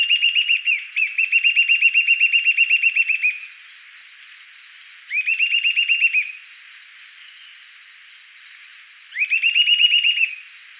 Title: LuckyPassaro Completos2Sama. Eastern Sirystes (Sirystes sibilator)